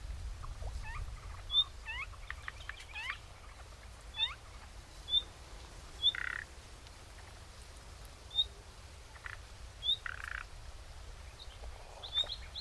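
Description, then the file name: Common nightingale calls: scattered rising whistles and short clipped notes, with thin high pure whistles and a few buzzy bursts over a steady low rumble. "Luscinia megarhynchos"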